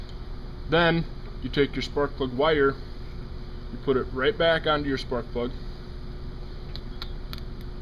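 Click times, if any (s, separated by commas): 7.0 s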